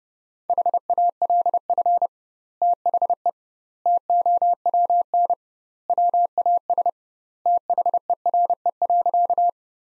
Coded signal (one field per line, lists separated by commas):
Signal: Morse code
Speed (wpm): 30 wpm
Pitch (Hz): 700 Hz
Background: none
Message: HALF THE TOWN WAS THERE.